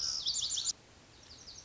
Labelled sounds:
Lazuli Bunting
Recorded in Sonoma County, California

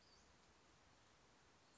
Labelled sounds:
Western Flycatcher
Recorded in Sonoma County, California

